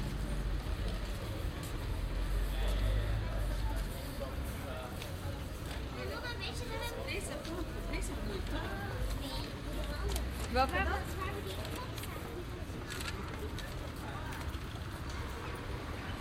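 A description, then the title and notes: A busy Saturday afternoon scene filled with overlapping voices and chatter that continues throughout. A low rumble, like passing traffic, swells in the first four seconds and again near ten seconds, with a brief sharp knock around eleven seconds. A busy Saturday afternoon.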